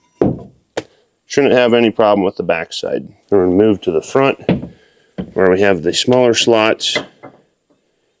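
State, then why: Not seated. A metal bed divider clevis puck is handled at a truck bed slot on a 2019-2026 Dodge Ram 2500/3500 (also Ford, GMC, Chevy), moving from the back side toward the smaller front slots. Short knocks are heard at about 0.2 s and 0.8 s, and someone talks through most of the clip. Nothing has seated or clicked yet; the puck has not locked into place.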